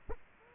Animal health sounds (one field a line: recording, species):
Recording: mosquito wingbeat signal from an infrared sensor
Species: Culex quinquefasciatus